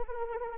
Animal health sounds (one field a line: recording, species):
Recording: mosquito wingbeat signal from an infrared sensor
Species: Anopheles arabiensis